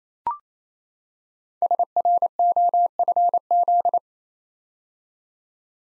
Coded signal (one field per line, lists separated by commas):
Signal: Morse code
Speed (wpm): 29 wpm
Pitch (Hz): 700 Hz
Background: none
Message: SROFZ